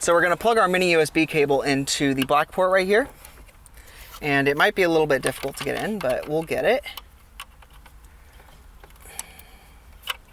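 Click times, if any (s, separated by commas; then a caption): 10.1 s. Someone talks while a mini USB cable plug is pushed into the black port on the USB hub during a Sync 3 upgrade on a 2015-2019 base Ford Fiesta MK7. After the talking, quiet scraping and small taps follow as the plug is lined up with some difficulty. A sharp click at 10.1 s marks it seating in place so it will not pull out.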